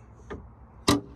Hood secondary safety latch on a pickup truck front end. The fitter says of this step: that unlocks it.